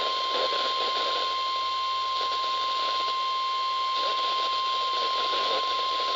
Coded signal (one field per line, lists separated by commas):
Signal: Emergency Alert System (SAME) tones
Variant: 1050 Hz attention tone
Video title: Loads of Tests! EAS Alerts on 6/9/21 (EAS #283-287)